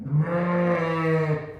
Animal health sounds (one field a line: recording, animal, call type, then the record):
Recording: contact call of a hoofed animal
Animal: sheep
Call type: low-frequency (closed-mouth) or high-frequency (open-mouth) call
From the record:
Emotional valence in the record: negative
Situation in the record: short social isolation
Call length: 1.60 s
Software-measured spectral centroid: 1230 Hz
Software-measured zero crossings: 1140 a second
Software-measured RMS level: -24 dBFS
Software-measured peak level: -11 dBFS